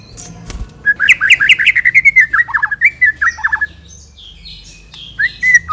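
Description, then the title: White-rumped shama song: a loud, fast run of rich, varied whistled phrases sliding up and down, with brief pauses and a short final phrase after a gap. Aggressive (galak) song used as a lure (pancingan). "Pancingan Murai Batu Galak"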